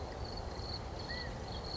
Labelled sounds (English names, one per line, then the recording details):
California Quail
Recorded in Sonoma County, California